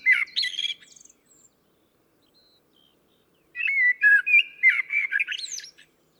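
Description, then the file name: Common blackbird singing: the tail of a warbled phrase, a quiet gap of about two seconds, then a fresh mellow whistled phrase ending in thin high squeaks. "Turdus merula"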